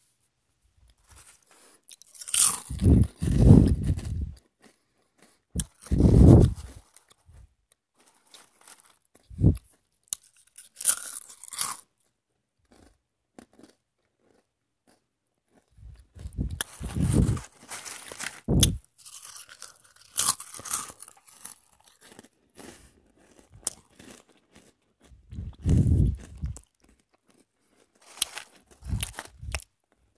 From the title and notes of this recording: Eating cheezits.